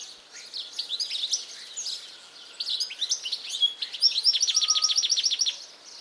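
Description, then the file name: European goldfinch twittering, varied bright chirps building into a rapid, even series of repeated notes near the end. "Carduelis carduelis"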